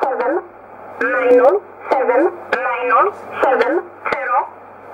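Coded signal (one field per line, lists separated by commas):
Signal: numbers station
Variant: E11 (Oblique)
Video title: 03 03 2015 Numbers station E11 1304 on 15632 USB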